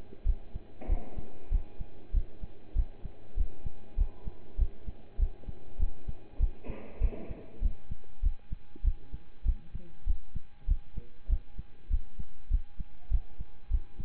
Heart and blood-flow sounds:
heart sounds by stethoscope; between the tricuspid and mitral areas; 98 bpm
0.25 s: heartbeat
0.88 s: heartbeat
1.51 s: heartbeat
2.13 s: heartbeat
2.75 s: heartbeat
3.36 s: heartbeat
3.97 s: heartbeat
4.58 s: heartbeat
5.18 s: heartbeat
5.79 s: heartbeat
6.39 s: heartbeat
7.00 s: heartbeat
7.61 s: heartbeat
8.22 s: heartbeat
8.84 s: heartbeat
9.45 s: heartbeat
10.06 s: heartbeat
10.67 s: heartbeat
11.29 s: heartbeat
11.90 s: heartbeat
12.50 s: heartbeat
13.10 s: heartbeat
13.70 s: heartbeat
From the record:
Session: pedaling a stationary bicycle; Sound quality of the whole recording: partially saturated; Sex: male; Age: 27 years

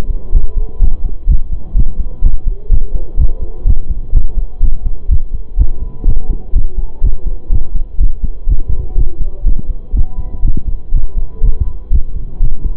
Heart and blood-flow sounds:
heart sounds by stethoscope; between the tricuspid and mitral areas; 124 bpm
0.33 s: heartbeat
0.80 s: heartbeat
1.28 s: heartbeat
1.75 s: heartbeat
2.22 s: heartbeat
2.70 s: heartbeat
3.18 s: heartbeat
3.66 s: heartbeat
4.13 s: heartbeat
4.61 s: heartbeat
5.09 s: heartbeat
5.57 s: heartbeat
6.06 s: heartbeat
6.54 s: heartbeat
7.02 s: heartbeat
7.50 s: heartbeat
7.99 s: heartbeat
8.47 s: heartbeat
8.96 s: heartbeat
9.45 s: heartbeat
9.94 s: heartbeat
10.43 s: heartbeat
10.92 s: heartbeat
11.42 s: heartbeat
11.91 s: heartbeat
12.41 s: heartbeat
From the record:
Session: pedaling a stationary bicycle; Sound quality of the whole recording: saturated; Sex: male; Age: 25 years

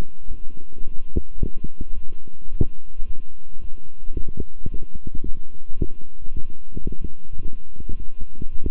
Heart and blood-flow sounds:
heart sounds by stethoscope; between the tricuspid and mitral areas; 109 bpm
0.27 s: heartbeat
0.83 s: heartbeat
1.38 s: heartbeat
1.93 s: heartbeat
2.49 s: heartbeat
3.05 s: heartbeat
3.60 s: heartbeat
4.15 s: heartbeat
4.70 s: heartbeat
5.24 s: heartbeat
5.78 s: heartbeat
6.32 s: heartbeat
6.86 s: heartbeat
7.40 s: heartbeat
7.95 s: heartbeat
8.50 s: heartbeat
From the record:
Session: walking at 3.7 km/h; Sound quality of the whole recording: good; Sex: male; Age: 26 years

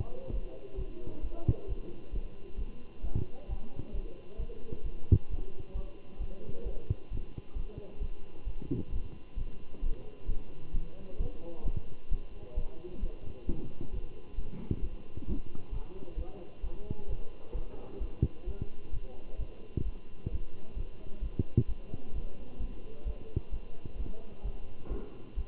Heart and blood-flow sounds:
heart sounds by stethoscope; between the tricuspid and mitral areas; 132 bpm
0.32 s: heartbeat
0.77 s: heartbeat
1.22 s: heartbeat
1.68 s: heartbeat
2.12 s: heartbeat
2.57 s: heartbeat
3.03 s: heartbeat
3.48 s: heartbeat
3.93 s: heartbeat
4.38 s: heartbeat
4.84 s: heartbeat
5.29 s: heartbeat
5.74 s: heartbeat
6.19 s: heartbeat
6.65 s: heartbeat
7.10 s: heartbeat
7.55 s: heartbeat
8.00 s: heartbeat
8.45 s: heartbeat
8.91 s: heartbeat
9.36 s: heartbeat
9.82 s: heartbeat
10.27 s: heartbeat
10.73 s: heartbeat
11.19 s: heartbeat
11.65 s: heartbeat
12.10 s: heartbeat
12.56 s: heartbeat
13.02 s: heartbeat
13.47 s: heartbeat
13.92 s: heartbeat
14.37 s: heartbeat
14.82 s: heartbeat
15.27 s: heartbeat
15.72 s: heartbeat
16.17 s: heartbeat
16.62 s: heartbeat
17.08 s: heartbeat
17.54 s: heartbeat
18.00 s: heartbeat
18.46 s: heartbeat
18.92 s: heartbeat
19.38 s: heartbeat
19.84 s: heartbeat
20.30 s: heartbeat
20.76 s: heartbeat
21.21 s: heartbeat
21.67 s: heartbeat
22.14 s: heartbeat
22.59 s: heartbeat
23.05 s: heartbeat
23.51 s: heartbeat
23.98 s: heartbeat
24.44 s: heartbeat
24.90 s: heartbeat
25.36 s: heartbeat
From the record:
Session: Bruce protocol treadmill stress test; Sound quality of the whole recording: good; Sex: male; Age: 23 years

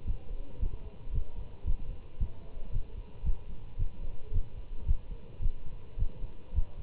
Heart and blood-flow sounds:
heart sounds by stethoscope; between the tricuspid and mitral areas; 111 bpm
0.05 s: heartbeat
0.59 s: heartbeat
1.12 s: heartbeat
1.65 s: heartbeat
2.18 s: heartbeat
2.71 s: heartbeat
3.24 s: heartbeat
3.77 s: heartbeat
4.32 s: heartbeat
4.86 s: heartbeat
5.40 s: heartbeat
5.97 s: heartbeat
6.54 s: heartbeat
From the record:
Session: Bruce protocol treadmill stress test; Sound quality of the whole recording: good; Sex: male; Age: 25 years

